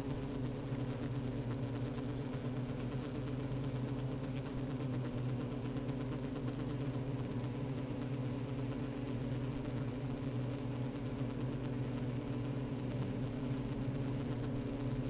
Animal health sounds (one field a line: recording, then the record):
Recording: honeybee colony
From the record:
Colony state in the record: active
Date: 28 July 2017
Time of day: 15:40